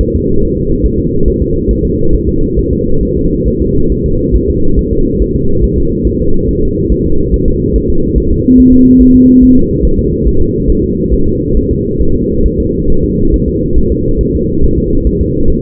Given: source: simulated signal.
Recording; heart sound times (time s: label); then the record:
fetal heart sounds
0.01 s: S1
0.15 s: S2
0.43 s: S1
0.57 s: S2
0.85 s: S1
1.00 s: S2
1.28 s: S1
1.42 s: S2
1.71 s: S1
1.85 s: S2
2.14 s: S1
2.28 s: S2
2.58 s: S1
2.73 s: S2
3.03 s: S1
3.17 s: S2
3.47 s: S1
3.62 s: S2
3.92 s: S1
4.06 s: S2
4.35 s: S1
4.50 s: S2
4.79 s: S1
4.93 s: S2
5.22 s: S1
5.36 s: S2
5.64 s: S1
5.78 s: S2
6.07 s: S1
6.21 s: S2
6.49 s: S1
6.63 s: S2
6.92 s: S1
7.06 s: S2
7.34 s: S1
7.48 s: S2
7.76 s: S1
7.90 s: S2
8.18 s: S1
8.32 s: S2
8.60 s: S1
8.74 s: S2
9.01 s: S1
9.16 s: S2
9.43 s: S1
9.57 s: S2
9.85 s: S1
9.99 s: S2
10.27 s: S1
10.42 s: S2
10.70 s: S1
10.84 s: S2
11.13 s: S1
11.28 s: S2
11.57 s: S1
11.71 s: S2
12.01 s: S1
12.15 s: S2
12.46 s: S1
12.60 s: S2
12.90 s: S1
13.04 s: S2
13.34 s: S1
13.48 s: S2
13.78 s: S1
13.92 s: S2
14.21 s: S1
14.35 s: S2
14.64 s: S1
14.78 s: S2
15.07 s: S1
15.21 s: S2
15.50 s: S1
From the record:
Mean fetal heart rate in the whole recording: 140 bpm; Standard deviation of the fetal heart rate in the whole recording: 2 bpm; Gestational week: 34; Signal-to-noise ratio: -17.7 dB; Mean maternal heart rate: 72 bpm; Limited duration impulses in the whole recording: present